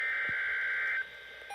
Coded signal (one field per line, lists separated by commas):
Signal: Emergency Alert System (SAME) tones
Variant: header bursts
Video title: EAS #1,472 NOAA Weather Radios (WR-300/WR-400) PHI Severe Thunderstorm Warning 6/29/24 6:54 PM EDT